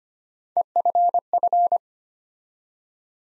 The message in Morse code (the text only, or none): EFF